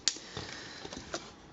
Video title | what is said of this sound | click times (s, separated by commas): Rob A Reviews Transformers Generations Leader Class Jetfire | it's all going to lock into place via the crotch piece here | 0.1 s